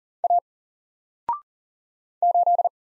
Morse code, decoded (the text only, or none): A 8